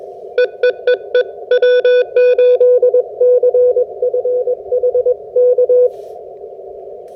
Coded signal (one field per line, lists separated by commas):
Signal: Morse code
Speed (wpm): 21 wpm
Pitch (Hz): 500 Hz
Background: none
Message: EEEE W8CFH K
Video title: SOTA POTA 150 Antenna Review with Full POTA Activation